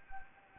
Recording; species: mosquito wingbeat signal from an infrared sensor; Anopheles arabiensis